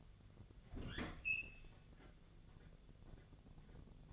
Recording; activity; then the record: daily activity, microphone in the room; open fridge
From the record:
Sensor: 4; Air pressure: 1000.9 hPa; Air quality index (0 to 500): 133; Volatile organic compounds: 2 ppm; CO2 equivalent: 992 ppm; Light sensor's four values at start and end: 29/70/29/32 and 28/67/28/31